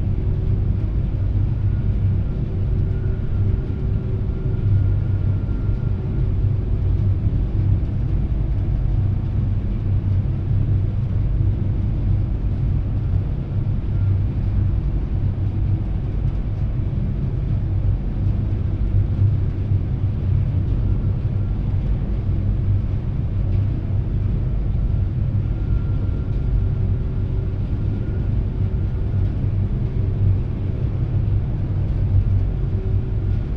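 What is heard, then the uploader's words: Steady, heavy engine rumble fills the deck of a ferry under way, deep and constant with no pauses or changes over the whole stretch. A faint high whine drifts in and out above the low drone, with a dull roar of wind and water underneath. Seattle Inbound Front Passenger Deck Board And Launch Stereo. A days' worth of round-trips on the Seattle-Bainbridge Island Ferry, nearly all short fore-and-aft from then passenger and car decks.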